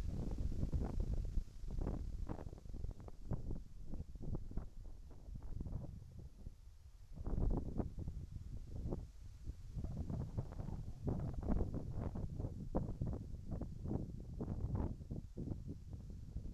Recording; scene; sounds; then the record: everyday scene through a hearing-aid microphone; wind on the microphone; wind, whistling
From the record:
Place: in front of a rural house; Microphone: behind the ear, right, front